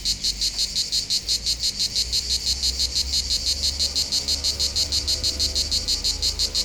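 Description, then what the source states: Cicada song pulsing steadily, a bright rasping buzz repeated about three times each second. Local cicadas in full activity on a hot summer day at the foot of the Molard de Vions, 39 Rue de Boveron, Vions, France; rhythmic song.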